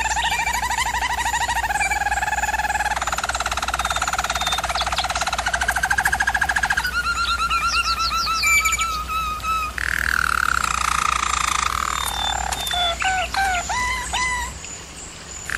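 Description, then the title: Canary singing a varied sequence of rapid rolling trills and buzzy tours, changing every second or two, ending with quick rising whistled notes over a constant low hum. Canary singing, for canary training. "German Roller Canary Singing - Canary Training Vid"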